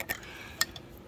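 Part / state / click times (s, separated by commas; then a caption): engine-bay wiring harness connector and its locking tab / seated / 0.6 s. On a 2017 Ford Fusion engine-mount replacement, a mechanic pulls up on the locking tab of an engine-bay wiring harness connector after sliding it into place. A sharp, bright click at 0.6 s stands out above a few smaller ticks as the lock clicks home and the connector is seated. No one talks.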